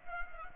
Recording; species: mosquito wingbeat signal from an infrared sensor; Culex pipiens